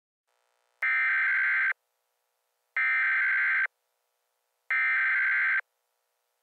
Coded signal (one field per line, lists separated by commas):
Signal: Emergency Alert System (SAME) tones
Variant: header bursts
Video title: top 10 emergency alert system alerts you never wanna see